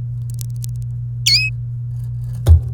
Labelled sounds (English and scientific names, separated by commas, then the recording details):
Domestic Canary (Serinus canaria) song
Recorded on 29 April 2018 at 05:43
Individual llb3